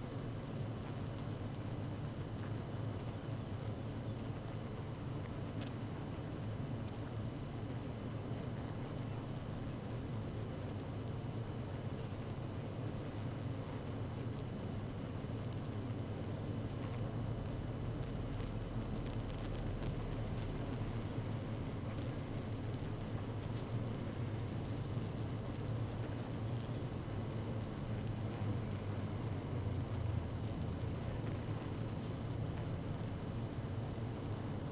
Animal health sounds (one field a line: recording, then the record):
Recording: honeybee colony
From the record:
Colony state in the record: active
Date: 12 June 2018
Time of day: 17:08